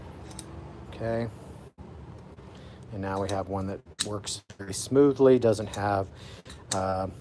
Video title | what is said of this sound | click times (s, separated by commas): Shop Talk | can push that in, turn it around until it snaps in. | 0.4 s